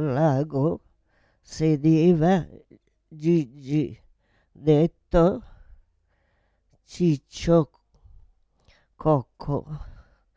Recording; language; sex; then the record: read passage; Italian; female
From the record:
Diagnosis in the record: Parkinson's disease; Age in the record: 78 years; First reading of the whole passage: 164 s, 3.2 characters per second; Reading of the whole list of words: 108 s, 2.6 characters per second